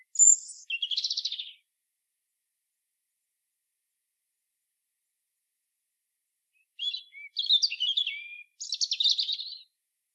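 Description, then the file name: European robin with a short high phrase at the start, then silence for several seconds before a longer, jumbled, high twittering passage. "Erithacus rubecula"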